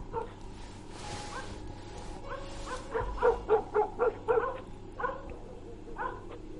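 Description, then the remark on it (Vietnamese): A distant dog barks in a quick run of five or six sharp yelps, with a few scattered barks before and after, over a steady low hum and the rustling of dry leaves blown across the ground by a cold wind, while a grave is being dug. “Đâu đó xa xa có tiếng chó sủa nhấm nha nhấm nhặng, tiếng xì xào rào rạc của lá khô bị gió cuốn bay trên mặt đất.”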